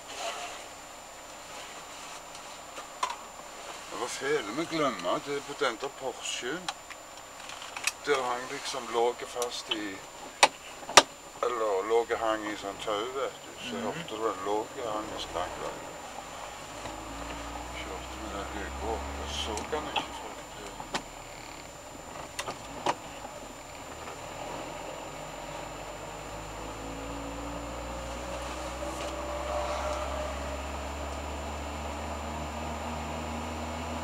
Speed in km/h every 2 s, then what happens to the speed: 0, 0, 0, 0, 0, 0, 0, 0, 10, 13, 13, 12, 16, 19, 21, 24, 26.
0-14 standing. 14-17 pulls away to 13. 17-23 steady at about 13. 23-34 speeds up to 26.